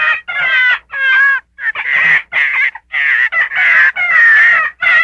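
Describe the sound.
Gray fox calls: loud, buzzy, quavering whines and yelps in long bursts, pitch wobbling and dipping, separated by brief gaps.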